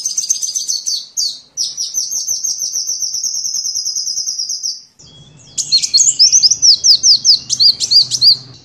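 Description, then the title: Van Hasselt's sunbird song: a long, rapid, high trill, then a brief hiss, then a series of thin, looping chips repeated at a fast pace. Kolibri ninja song used as masteran (tutor) fill-in material for training songbirds. "MASTERAN BURUNG. Isian Kolibri ninja (konin)"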